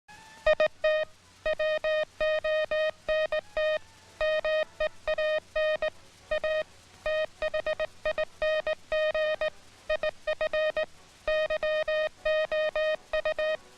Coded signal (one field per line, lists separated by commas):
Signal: Morse code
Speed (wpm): 19 wpm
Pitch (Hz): 620 Hz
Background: music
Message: IT WONT MEAN A THING IF YOU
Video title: HOW MAKE MORSE CODE